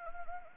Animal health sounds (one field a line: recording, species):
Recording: mosquito wingbeat signal from an infrared sensor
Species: Anopheles arabiensis